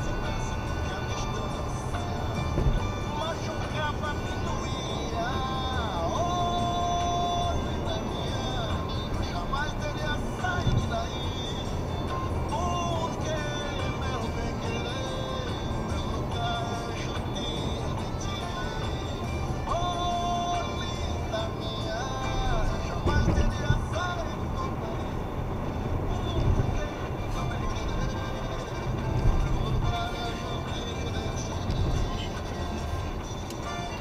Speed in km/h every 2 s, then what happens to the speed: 112, 112, 115, 117, 116, 114, 117, 119, 117, 113, 109, 102, 104, 99, 96, 96, 90.
0-15 steady at about 115. 15-34 slows to 90.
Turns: none.